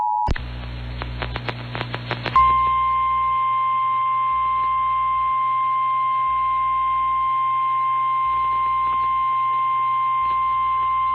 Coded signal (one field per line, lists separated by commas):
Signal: Emergency Alert System (SAME) tones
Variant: 853 and 960 Hz attention tone